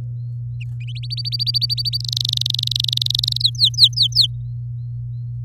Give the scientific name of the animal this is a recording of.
Serinus canaria